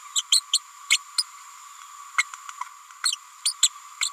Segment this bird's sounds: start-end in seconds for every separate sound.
0.15-0.21, 0.31-0.40, 0.53-0.59, 0.90-0.99, 1.18-1.23, 2.18-2.23, 3.04-3.12, 3.45-3.53, 3.62-3.69, 4.01-4.09